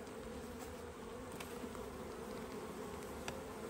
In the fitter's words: I clicked over the top of that, so now it's ready to go. It's loose, okay?